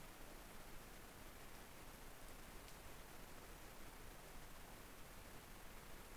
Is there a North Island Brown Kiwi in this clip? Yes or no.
no